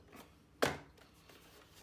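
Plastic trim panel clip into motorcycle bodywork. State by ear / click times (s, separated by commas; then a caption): not seated / none. A plastic side trim panel on a Yamaha MT-10 motorcycle is handled as it is pushed back onto the bodywork, where its retaining clips hold it on. One sharp, dull knock is heard near 0.6 s amid faint handling noise. Nothing has seated or clicked into place yet.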